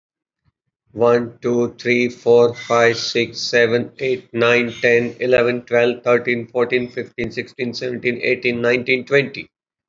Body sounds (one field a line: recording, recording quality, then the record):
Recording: counting at a fast pace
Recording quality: excellent, no background noise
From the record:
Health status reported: healthy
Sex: male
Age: 63 years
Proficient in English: yes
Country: India